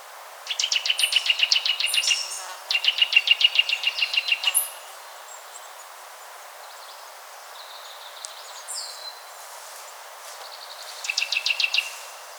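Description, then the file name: Eurasian nuthatch giving fast, even trills, two in quick succession and a third after a gap of about six seconds, each a rapid run of sharp notes lasting one to two seconds, with scattered higher chirps between them. "Sitta europaea"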